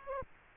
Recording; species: mosquito wingbeat signal from an infrared sensor; Aedes aegypti